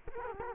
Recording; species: mosquito wingbeat signal from an infrared sensor; Culex quinquefasciatus